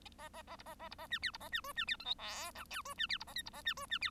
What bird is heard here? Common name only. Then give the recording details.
Bengalese Finch. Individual Bird1